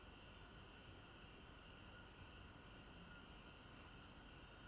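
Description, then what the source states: Crickets chirping in a dense steady chorus, one high trilling voice pulsing rapidly and evenly throughout, with other continuous high insect drones layered beneath. Recorded at night in an African village garden; stereo binaural recording.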